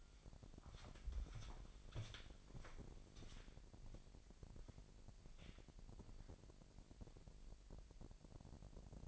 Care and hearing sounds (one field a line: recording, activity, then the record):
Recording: daily activity, microphone in the room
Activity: walk to room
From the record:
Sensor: 5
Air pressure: 1002.1 hPa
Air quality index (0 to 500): 249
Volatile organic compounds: 7 ppm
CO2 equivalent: 2027 ppm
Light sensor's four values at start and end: 30/70/29/30 and 31/72/29/31